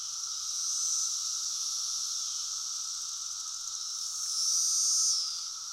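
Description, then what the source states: Cicada mating call: a loud, steady, high buzzing drone that swells near the end, with a fainter cicada chorus humming underneath. Male cicada close up giving mating calls, with a chorus of other cicadas in the background.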